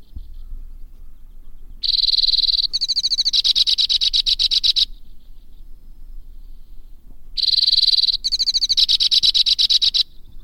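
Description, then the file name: White-winged crossbill song: two similar phrases, each a smooth buzzy trill switching into a slower pulsed rattle, separated by silence. "suara kicauan burung white winged crossbill. omkicau"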